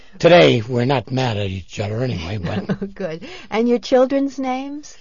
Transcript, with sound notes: Today we're not mad at each other anyway, but –
(laughs) Oh good and your children's names?